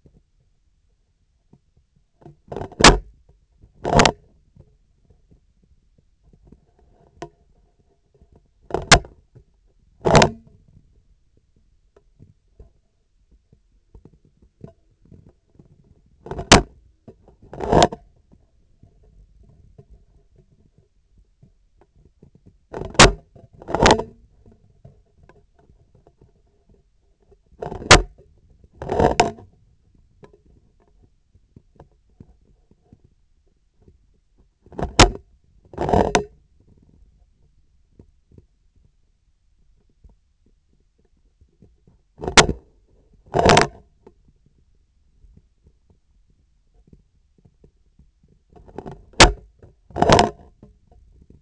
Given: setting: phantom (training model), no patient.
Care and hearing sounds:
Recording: laparoscopic instrument, vibration sensor on the handle end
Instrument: scissors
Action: opening and closing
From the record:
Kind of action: tool actuation without material contact

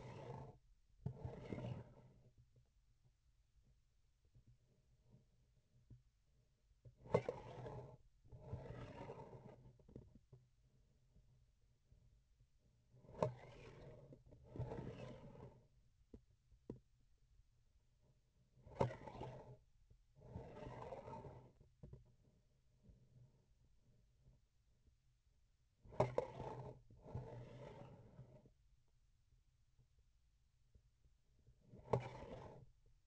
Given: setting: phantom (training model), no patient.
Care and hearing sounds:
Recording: laparoscopic instrument, vibration sensor on the handle end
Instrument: grasping forceps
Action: approaching and retracting movements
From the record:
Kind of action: spatial motion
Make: other than Olympus

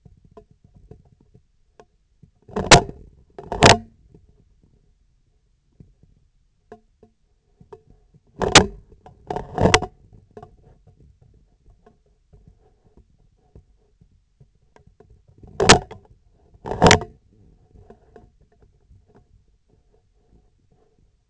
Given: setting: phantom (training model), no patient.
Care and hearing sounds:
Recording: laparoscopic instrument, vibration sensor on the handle end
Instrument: scissors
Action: opening and closing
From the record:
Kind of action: tool actuation without material contact

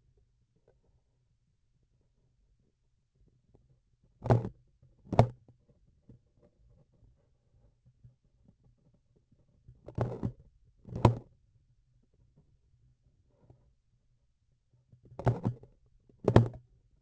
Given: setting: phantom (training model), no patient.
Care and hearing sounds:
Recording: laparoscopic instrument, vibration sensor on the handle end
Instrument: grasping forceps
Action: opening and closing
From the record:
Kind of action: tool actuation without material contact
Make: other than Olympus

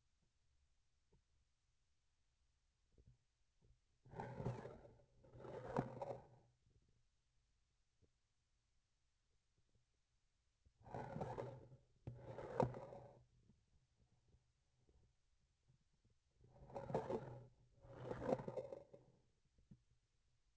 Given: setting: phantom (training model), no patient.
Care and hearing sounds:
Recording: laparoscopic instrument, vibration sensor on the handle end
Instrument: grasping forceps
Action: approaching and retracting movements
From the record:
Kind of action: spatial motion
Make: other than Olympus

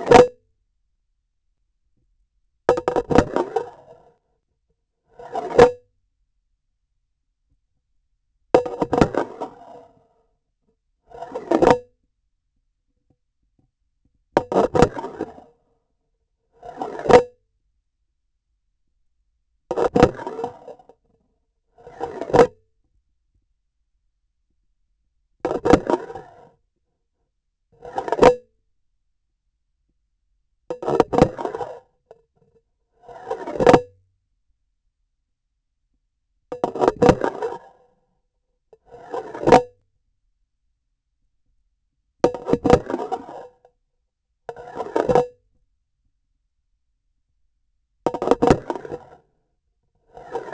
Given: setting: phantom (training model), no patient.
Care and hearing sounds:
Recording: laparoscopic instrument, vibration sensor on the handle end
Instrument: grasping forceps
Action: insertion and removal through the trocar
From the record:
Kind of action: spatial motion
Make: Olympus

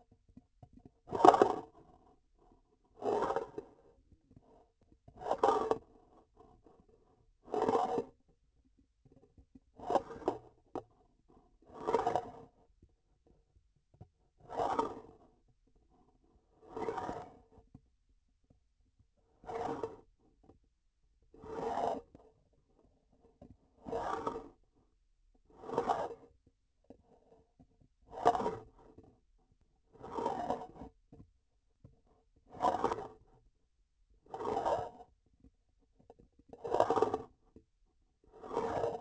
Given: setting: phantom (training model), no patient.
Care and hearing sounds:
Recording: laparoscopic instrument, vibration sensor on the handle end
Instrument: grasping forceps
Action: approaching and retracting movements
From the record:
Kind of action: spatial motion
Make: Olympus

